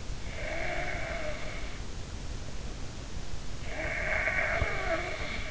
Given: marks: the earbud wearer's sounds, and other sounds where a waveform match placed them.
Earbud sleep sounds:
sounds in sleep by an in-ear microphone; snoring breath
0.25-1.59 s: snoring breath
3.57-5.51 s: snoring breath

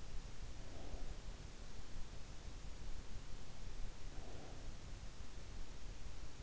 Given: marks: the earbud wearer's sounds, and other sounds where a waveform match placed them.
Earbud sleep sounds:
sounds in sleep by an in-ear microphone; breath
0.32-2.06 s: breath
3.58-5.28 s: breath

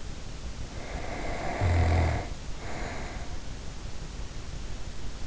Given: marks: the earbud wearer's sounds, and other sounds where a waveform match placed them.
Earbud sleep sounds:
sounds in sleep by an in-ear microphone; snoring breath
0.68-3.51 s: snoring breath

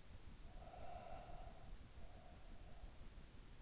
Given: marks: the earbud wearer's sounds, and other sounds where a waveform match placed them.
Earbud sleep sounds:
sounds in sleep by an in-ear microphone; breath
0.30-3.56 s: breath

